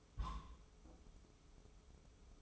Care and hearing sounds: daily activity, microphone in the room; place on stove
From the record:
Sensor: 1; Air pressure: 995.5 hPa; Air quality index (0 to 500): 30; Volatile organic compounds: 1 ppm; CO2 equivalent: 555 ppm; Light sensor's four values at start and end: 29/101/38/40 and 29/101/38/40

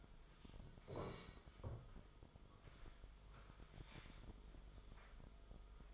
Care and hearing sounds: daily activity, microphone in the room; sit down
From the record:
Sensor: 5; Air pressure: 1005.5 hPa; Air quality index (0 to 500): 104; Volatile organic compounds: 2 ppm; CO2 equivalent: 1270 ppm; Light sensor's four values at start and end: 34/78/31/29 and 34/78/31/29

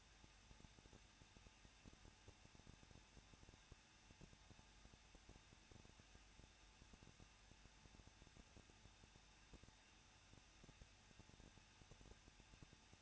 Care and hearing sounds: daily activity, microphone in the room; no activity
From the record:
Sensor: 2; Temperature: 21.0 degrees Celsius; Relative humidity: 37.5%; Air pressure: 1006.3 hPa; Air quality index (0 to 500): 223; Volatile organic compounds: 25 ppm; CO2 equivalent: 2839 ppm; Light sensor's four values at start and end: 2/3/2/2 and 2/3/2/2

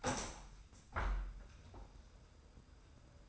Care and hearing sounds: daily activity, microphone in the room; open window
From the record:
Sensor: 2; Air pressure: 990.2 hPa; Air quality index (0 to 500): 201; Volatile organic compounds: 1000 ppm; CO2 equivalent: 6438 ppm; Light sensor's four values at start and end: 24/57/23/23 and 25/58/24/24

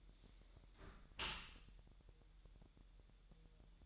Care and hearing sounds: daily activity, microphone in the room; close dishwasher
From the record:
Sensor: 3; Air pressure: 1000.6 hPa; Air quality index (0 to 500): 248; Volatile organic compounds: 172 ppm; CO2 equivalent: 4114 ppm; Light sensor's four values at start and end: 11/26/10/10 and 11/26/10/10

